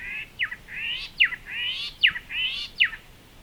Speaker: Here's a female Gilbert's whistler, Pachycephala inornata, singing in New South Wales, Australia.